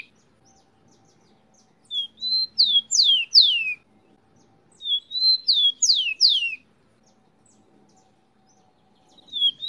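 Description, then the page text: Rufous-collared sparrow song: a clear whistled opening followed by several sharp descending slurred notes, given twice about three seconds apart, with a third phrase starting at the end. "TICO TICO (Zonotrichia Capensis)"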